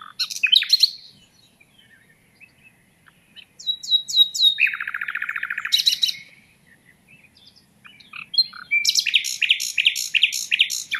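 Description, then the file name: Common nightingale song mixing sharp chirps, a low buzzy rattle and rapid repeated notes, with brief pauses between phrases. "Luscinia megarhynchos"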